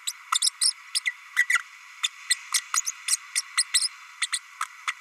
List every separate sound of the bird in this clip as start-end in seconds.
0.07-0.12, 0.32-0.40, 0.41-0.51, 0.61-0.73, 0.94-1.00, 1.05-1.11, 1.36-1.47, 1.49-1.59, 2.03-2.08, 2.29-2.35, 2.54-2.61, 2.74-2.81, 2.85-2.91, 3.08-3.18, 3.35-3.42, 3.57-3.65, 3.74-3.89, 4.21-4.27, 4.32-4.39, 4.87-4.93